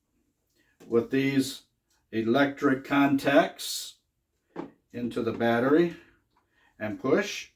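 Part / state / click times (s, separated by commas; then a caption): battery pack into charger / not seated / none. Someone talks while a lithium-ion battery pack for an EGO variable-speed cordless electric leaf blower is slid onto its charger, with the electric contacts lined up and the pack pushed in. The battery has not clicked or latched into the charger yet.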